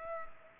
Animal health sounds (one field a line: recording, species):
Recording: mosquito wingbeat signal from an infrared sensor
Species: Culex pipiens